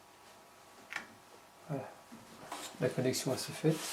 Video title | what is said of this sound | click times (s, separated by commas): Contrôle bobines et bougies Twingo 1 1997 voir ma petite erreur descriptif 17/20 | la pince et je vais appuyer dessus jusqu'au clic | 1.0 s